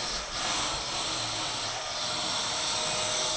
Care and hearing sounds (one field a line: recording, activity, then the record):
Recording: daily activity, microphone in the room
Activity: vacuum cleaning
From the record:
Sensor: 5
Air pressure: 1002.1 hPa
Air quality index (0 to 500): 211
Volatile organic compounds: 21 ppm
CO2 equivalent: 2737 ppm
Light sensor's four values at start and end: 10/23/9/10 and 10/23/9/10